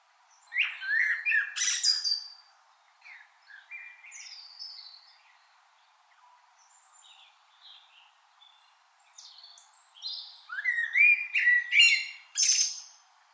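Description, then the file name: Common blackbird singing: squeaky, twittering bursts with a few fluted notes open the passage, quieter scattered warbles follow, then another loud, high twittering run near the end. "Turdus merula"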